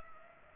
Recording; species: mosquito wingbeat signal from an infrared sensor; Culex pipiens